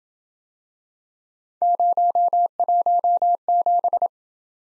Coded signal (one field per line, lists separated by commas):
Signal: Morse code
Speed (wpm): 27 wpm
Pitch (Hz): 700 Hz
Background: none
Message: 017